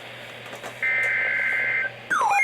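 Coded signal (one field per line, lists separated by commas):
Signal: Emergency Alert System (SAME) tones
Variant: header bursts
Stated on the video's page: EAS severe weather alerts received from distant Massachusetts and New Hampshire stations via tropospheric propagation (tropo).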